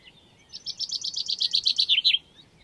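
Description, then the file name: Common chaffinch song: a single bright phrase of quick repeated notes, dropping slightly in pitch before ending in a brief flourish, with quiet background. "Fringilla coelebs"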